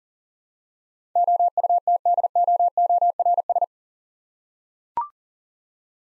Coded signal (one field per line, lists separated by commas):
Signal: Morse code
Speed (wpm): 38 wpm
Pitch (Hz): 700 Hz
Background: none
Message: OUTDOORS